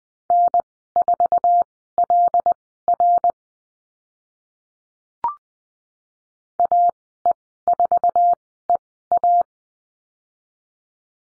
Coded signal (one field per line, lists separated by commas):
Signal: Morse code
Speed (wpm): 20 wpm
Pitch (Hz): 700 Hz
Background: none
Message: N4LR AE4EA